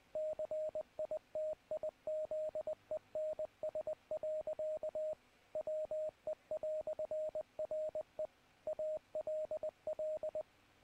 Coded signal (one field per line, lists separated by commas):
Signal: Morse code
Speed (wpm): 19 wpm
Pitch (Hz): 620 Hz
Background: radio noise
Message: CITIZENS. WE"RE ALL